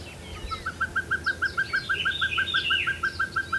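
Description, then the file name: Pacific pygmy owl giving a long, rapid series of short, evenly spaced mellow toots, with other birds chirping and whistling higher above. "Glaucidium peruanum - Pacific Pygmy Owl"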